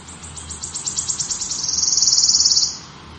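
Wood warbler song: high ticking notes speed up into a dense, shivering trill lasting about a second before stopping abruptly, over a low background hum.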